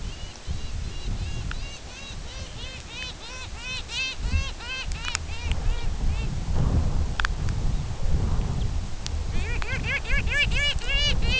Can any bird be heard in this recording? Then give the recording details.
yes. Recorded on Arctic tundra, site UTQI-2, on 17 June 2019. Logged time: 08:00